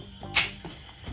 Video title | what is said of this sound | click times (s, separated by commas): SilverCross Pioneer Pram REVIEW! | They lock into place, so just lock that. | 0.4 s